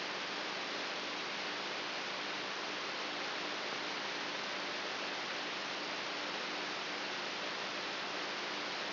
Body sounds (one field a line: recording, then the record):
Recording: brain microelectrode recording played as sound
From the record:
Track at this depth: inside the subthalamic nucleus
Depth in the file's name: 1.84 mm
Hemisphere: right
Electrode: 3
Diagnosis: Parkinson's disease